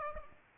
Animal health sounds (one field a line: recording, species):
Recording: mosquito wingbeat signal from an infrared sensor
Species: Aedes aegypti